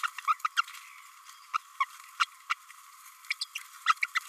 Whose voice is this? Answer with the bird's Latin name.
Forpus passerinus